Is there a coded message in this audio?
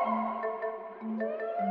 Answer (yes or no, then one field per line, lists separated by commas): no